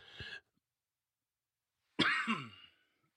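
Two short, harsh coughs about two seconds apart, the second longer and partly voiced, from an adult man with a cold.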